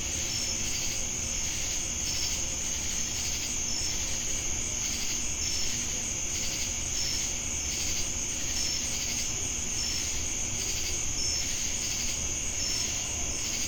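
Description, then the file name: Crickets give an unbroken high buzzing trill with regular short high notes, plus low rumbling noise beneath. Recorded in Jamestown, North Carolina, on August 10, 2018. "Crickets And Sacadas Jamestown NC August-10-2018"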